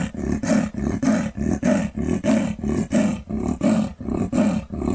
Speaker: And hear the sound, the territorial pant of the Amur leopard.